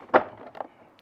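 A modular tool box is pushed onto a 3D printed plastic mounting bracket and snaps into place with a sharp click at 0.2 s. Two fainter taps follow at about 0.6 s and 1.0 s. The tool box is seated on the bracket.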